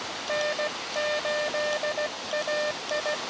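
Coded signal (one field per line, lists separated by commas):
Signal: Morse code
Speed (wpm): 19 wpm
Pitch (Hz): 590 Hz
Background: none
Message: N8AI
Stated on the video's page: QRP CW contacts in a park using an Elecraft KX2 with a HyEndFed end-fed long wire antenna.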